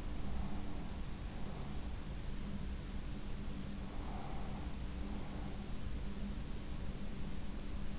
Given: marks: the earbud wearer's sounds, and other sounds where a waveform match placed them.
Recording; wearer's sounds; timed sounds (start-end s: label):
sounds in sleep by an in-ear microphone; breath
0.00-2.31 s: breath
3.92-5.69 s: breath